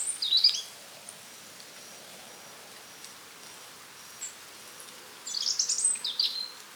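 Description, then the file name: European robin song phrases, two short bursts of high, thin, tinkling notes at the start and near the end, separated by a long quiet gap with faint background hiss. "Erithacus rubecula"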